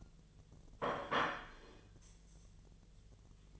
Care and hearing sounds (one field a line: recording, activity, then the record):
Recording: daily activity, microphone in the room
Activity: place plate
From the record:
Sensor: 4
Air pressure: 1010.2 hPa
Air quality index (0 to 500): 181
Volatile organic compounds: 5 ppm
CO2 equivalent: 1833 ppm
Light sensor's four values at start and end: 31/93/36/36 and 31/93/36/36